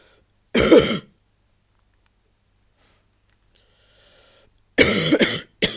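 Two harsh, noisy cough bursts from an adult about four seconds apart, the second followed by a brief third burst, with near silence and a faint breath between. A plain cough, with nothing pointing to a specific type.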